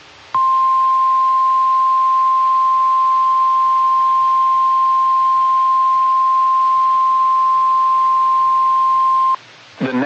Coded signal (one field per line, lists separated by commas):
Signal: Emergency Alert System (SAME) tones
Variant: 1050 Hz attention tone